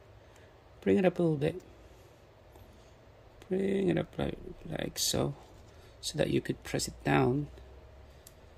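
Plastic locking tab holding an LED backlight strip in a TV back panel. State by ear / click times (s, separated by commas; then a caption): released / 8.3 s. Inside a curved LCD TV, someone talks while the LED backlight strip is lifted slightly so the plastic locking tab holding it in the back panel can be pressed down. A short, sharp click at 8.3 s marks the tab releasing, freeing the strip for removal.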